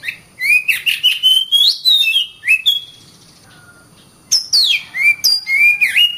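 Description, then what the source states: Oriental magpie-robin giving bright whistled and chirping phrases, a short quiet gap with a soft note, then rising and falling clear whistles again. Song used for training birds.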